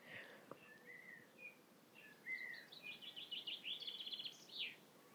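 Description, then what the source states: Chaffinch song: a series of chirpy notes running into a trill with a final flourish, after some softer bird whistles. Chaffinch singing at dusk in late April near hedges and oilseed rape fields in rural Suffolk, England, chilly weather; song likened to a ball bouncing on a table then dropping and bouncing on the ground.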